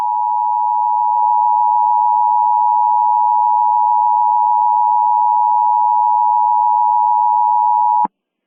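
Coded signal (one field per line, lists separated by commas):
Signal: Emergency Alert System (SAME) tones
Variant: 853 and 960 Hz attention tone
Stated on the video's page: Mock EAS scenario containing valid EAS tones.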